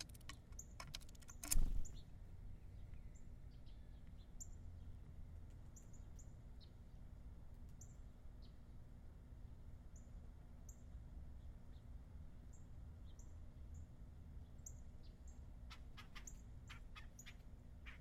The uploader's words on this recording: Birds Feeding. Sounds of claws scratching, beaks pecking, wings fluttering, seeds dropping. Birds & microphones on feeder Carrollton, OH December 2017 DPA 4060 mic pair -> Sound Devices MixPre 3.